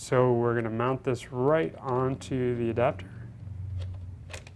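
Someone talks while a Sony A-mount 18–250 crop-sensor lens is offered up and lined up on the bayonet of an E-mount lens adapter, before it is twisted to lock. Light contact taps from handling the lens against the adapter come at about 3.8, 4.0, 4.3 and 4.5 seconds. Nothing has seated or clicked yet.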